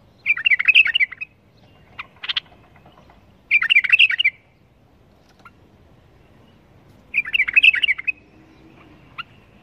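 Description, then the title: Bulbul song in brief warbled phrases, each under a second, repeated about every three to four seconds with quiet gaps between. "اجمل تغريد بلبل بدون اخطاء بلبل طور"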